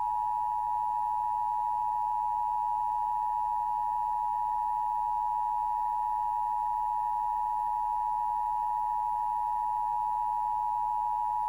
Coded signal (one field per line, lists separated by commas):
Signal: Emergency Alert System (SAME) tones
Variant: 853 and 960 Hz attention tone